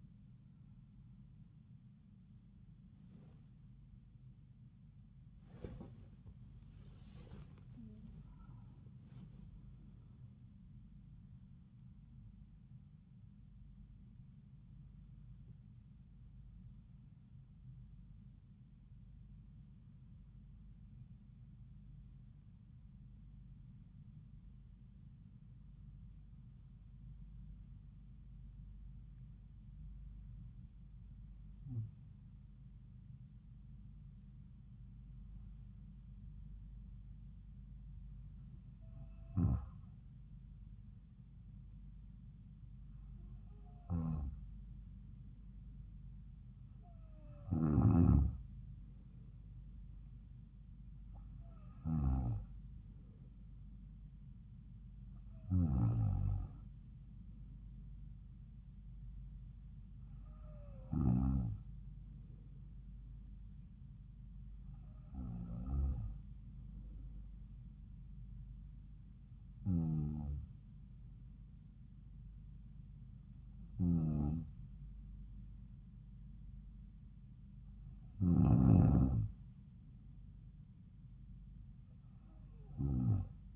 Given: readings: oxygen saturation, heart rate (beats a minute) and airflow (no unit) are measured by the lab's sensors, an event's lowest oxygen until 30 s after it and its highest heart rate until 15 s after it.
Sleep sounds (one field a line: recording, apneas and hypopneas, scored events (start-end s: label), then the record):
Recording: breathing in sleep by a smartphone at the bedside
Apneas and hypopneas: 1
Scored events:
0.00-21.00 s: awake
18.00-40.90 s: hypopnea (scored as awake, oxygen 97% highest, then 93% lowest)
19.00-49.00 s: new sleep stage, N1 (lightest sleep)
49.00-83.56 s: new sleep stage, N2 (light sleep)
From the record:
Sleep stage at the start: awake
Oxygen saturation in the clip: 89 to 97%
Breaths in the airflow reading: 19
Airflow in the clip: -7.1 to 9.0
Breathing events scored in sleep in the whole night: 270 in 6.1 hours asleep